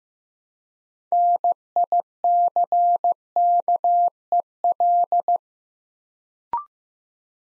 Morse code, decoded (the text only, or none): NICKEL